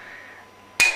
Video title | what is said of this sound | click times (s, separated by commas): Fundamentals Mountain Bike Set up | that clicking noise you can hear | 0.8 s